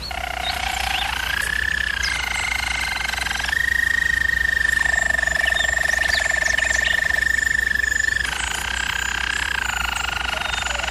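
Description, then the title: German Roller canary rolling song, mostly one long level trill held for several seconds, framed by lower and shifting rolls; constant low hum. German Roller canary singing, recording made for canary training. "German Roller Canary Singing - Canary Training Vid"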